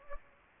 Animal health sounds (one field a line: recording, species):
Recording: mosquito wingbeat signal from an infrared sensor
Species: Anopheles gambiae